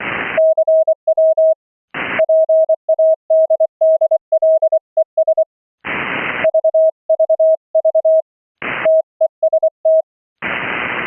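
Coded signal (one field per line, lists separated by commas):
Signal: Morse code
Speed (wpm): 24 wpm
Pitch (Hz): 640 Hz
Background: none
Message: CW PADDLES VVV TEST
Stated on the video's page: CW sent remotely over a LAN via GStreamer from a Linux laptop to a Raspberry Pi home rig, using CW paddles or CW keyboard.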